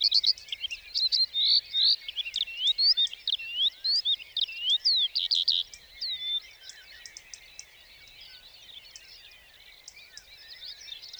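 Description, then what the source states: Lark singing a fast, varied stream of high whistled trills and twittering slurs, loudest over the first six seconds, then continuing more faintly and thinly. 29 March 2020, Plateau de Lesches-en-Diois, before full daybreak; singing while perched atop a bush for nearly a quarter hour before flying off; Nagra Seven, stereo, cardioid MKH40.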